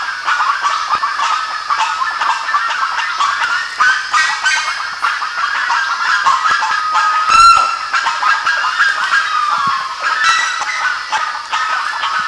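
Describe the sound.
Bird calls, a continuous noisy flock chorus of harsh overlapping notes, with one brief louder squeal partway through.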